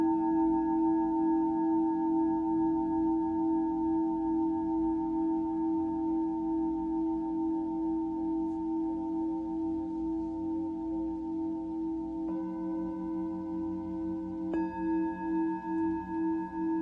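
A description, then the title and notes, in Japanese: A singing bowl rings with a steady, sustained hum, a warm low tone near the middle with brighter overtones above, wavering in a slow pulsing beat. Around twelve seconds and again near fifteen seconds the bowl is struck anew, adding fresh ringing layers that keep sounding. シンギングボウルサウンドヒーリング。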